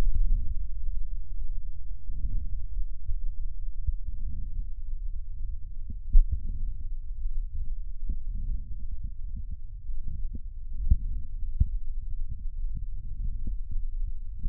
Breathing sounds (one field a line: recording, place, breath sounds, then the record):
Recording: lung sounds by stethoscope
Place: right posterior lower chest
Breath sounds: normal breath sounds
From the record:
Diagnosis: none (healthy)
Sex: female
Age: 66 years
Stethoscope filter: bell mode, 20 to 200 Hz